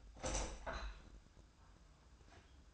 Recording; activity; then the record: daily activity, microphone in the room; open window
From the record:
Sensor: 2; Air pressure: 1004.5 hPa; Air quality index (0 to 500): 115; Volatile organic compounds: 3 ppm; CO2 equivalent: 1391 ppm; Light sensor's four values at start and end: 6/14/5/6 and 6/14/5/6